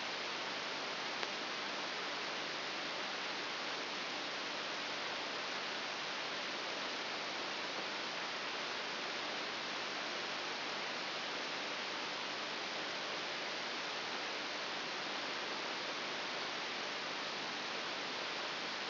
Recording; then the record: brain microelectrode recording played as sound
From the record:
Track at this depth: outside the subthalamic nucleus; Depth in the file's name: 7.001 mm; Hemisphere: right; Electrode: 3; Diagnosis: Parkinson's disease